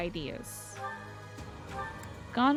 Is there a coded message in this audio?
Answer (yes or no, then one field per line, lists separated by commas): no